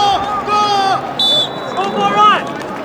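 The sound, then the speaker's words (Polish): Spectators in the stands of a sports hall at an Olympic venue in China shout encouragement to competitors in a 100-metre race, several high, strained voices rising and falling in overlapping bursts over a steady background murmur. “Z trybun słychać okrzyki zagrzewające zawodników do walki.”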